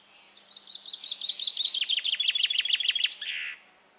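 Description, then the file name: Common chaffinch song: a rapid run of bright chipping notes that drops slightly in pitch, ending in a quick flourish, over a quiet background. "Fringilla coelebs"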